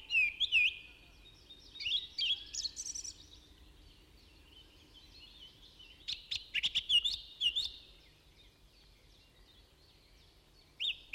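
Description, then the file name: Budgerigar twittering, rapid warbled high notes and clicks in two main bursts separated by a quiet pause, ending with a brief chirp. "Budgie Sounds"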